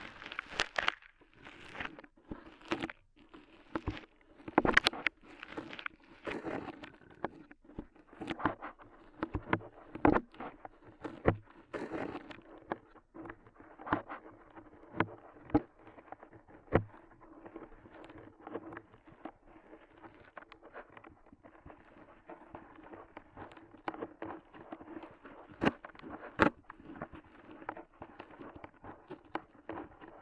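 Ear cleaning sounds with rhinestones and clay being picked and pulled away: a dense run of sharp clicks, crackles and taps that never settles into a beat. The clicks come thickest and loudest in the first twelve seconds, then turn softer and more scattered.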